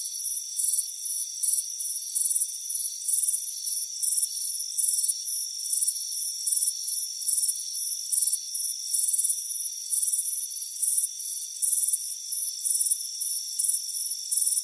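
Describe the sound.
Dense cricket chirping, fast repeated high bursts with a constant ringing trill underneath.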